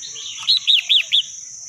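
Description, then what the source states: Red-whiskered bulbul notes: a short warble leading into four clear arched chirps in quick succession, a steady high hiss continuing throughout. Singing in the wild forest style, called 'giọng rừng'.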